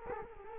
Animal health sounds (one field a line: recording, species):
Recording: mosquito wingbeat signal from an infrared sensor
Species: Culex quinquefasciatus